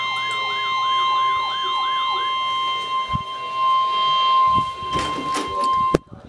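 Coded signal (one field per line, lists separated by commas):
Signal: Emergency Alert System (SAME) tones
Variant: 1050 Hz attention tone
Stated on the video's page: Severe thunderstorm watch alert.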